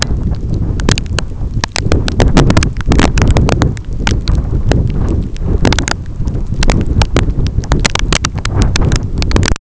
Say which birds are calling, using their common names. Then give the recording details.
none. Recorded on Arctic tundra, site EABA-1, on 25 June 2018. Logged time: 06:00